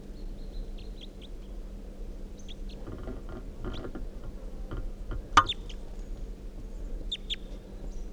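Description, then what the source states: Crossbill calls: a brisk series of sharp kip notes at the start, then scattered single chips, over a low hum with one loud click midway. Wild red male with a right-crossing bill, perched on top of the net looking down at decoys, about 9 a.m.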